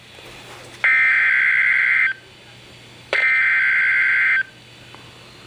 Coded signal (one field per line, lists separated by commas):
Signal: Emergency Alert System (SAME) tones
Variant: header bursts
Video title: Severe Thunderstorm Warning (EAS Alert #772)